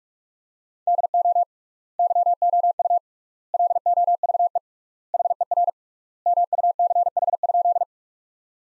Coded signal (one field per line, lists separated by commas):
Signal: Morse code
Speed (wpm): 46 wpm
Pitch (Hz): 700 Hz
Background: none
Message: DO YOU LOVE HER MUCH?